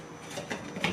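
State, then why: Seated. A wiper blade adapter on a 2015-2020 Kia Sedona is pushed up onto the wiper arm's hook after a first try that doesn't catch, with faint scraping and rubbing through the clip. A sharp snap at 0.8 s marks the blade seating onto the arm hook.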